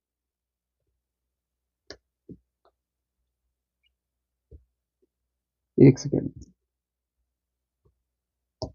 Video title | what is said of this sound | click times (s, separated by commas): Ch341a Programmer को Mobile में चलाना सीखें - Ch341a programmer ko mobile main kaise use kare | ये लॉक हो गया इसे। | 8.6 s